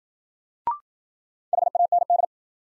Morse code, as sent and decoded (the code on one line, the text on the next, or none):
.... .- -. -..
HAND